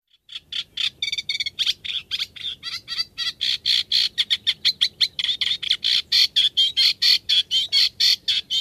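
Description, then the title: Eurasian reed warbler song: a steady run of harsh, chattering notes, about four per second, without pause. Song described as chatty and rhythmic, with rough notes repeated two or three times and mimicry and whistles mixed in. "Viikon luontoääni: Rytikerttunen"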